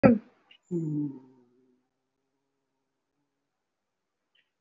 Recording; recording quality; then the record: sustained vowel as in boot; poor, much background noise or distortion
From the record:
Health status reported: respiratory illness, not identified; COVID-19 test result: not tested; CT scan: not taken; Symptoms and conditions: breathing difficulty, fatigue, muscle pain, chronic lung disease, pneumonia, diabetes, ischaemic heart disease, another condition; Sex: male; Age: 72 years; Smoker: yes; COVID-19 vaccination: none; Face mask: worn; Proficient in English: no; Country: India